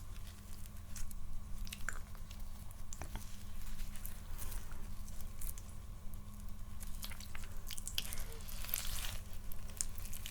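Layered mouth sounds with tapping: wet clicks, smacks and crunchy bits pop up irregularly over a steady low hum that runs throughout. The clicks come every fraction of a second, and a denser, brighter crackling cluster arrives near the nine-second mark.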